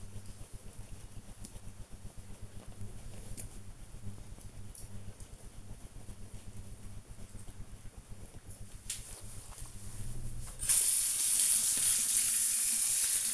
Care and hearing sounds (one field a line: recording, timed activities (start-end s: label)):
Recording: household activities, microphone on the right wrist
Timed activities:
0.00-13.34 s: brushing teeth